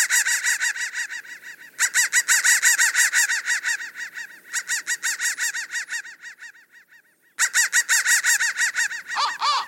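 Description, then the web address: Crow: harsh calls repeated rapidly in loud bursts, with a quieter stretch and a short pause before the loud calls return. "soundfactory crow"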